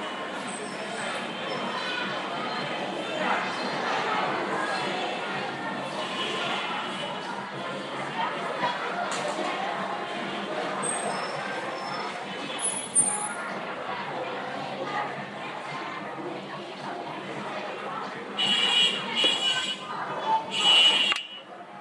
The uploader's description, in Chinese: 厦门石室禅院，药师如来